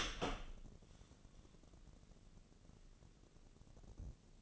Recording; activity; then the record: daily activity, microphone in the room; open door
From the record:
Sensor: 4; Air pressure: 1013.2 hPa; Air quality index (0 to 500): 177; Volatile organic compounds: 2 ppm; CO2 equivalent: 1114 ppm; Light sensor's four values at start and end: 58/142/59/58 and 78/196/80/83